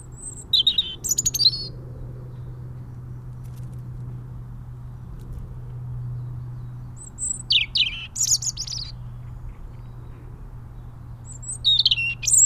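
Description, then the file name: European robin song: three short, high, sweet phrases mixing thin whistles and fast trills, separated by pauses of several seconds, with a low background hum. "Erithacus rubecula"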